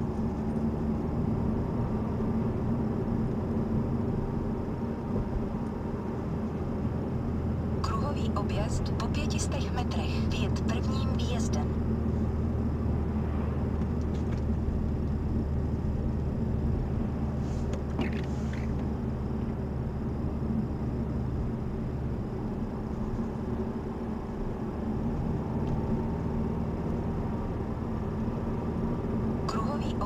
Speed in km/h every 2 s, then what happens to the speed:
32, 38, 38, 44, 37, 42, 43, 40, 42, 42, 42, 42, 44, 47, 48.
0-30 speeds up to 48.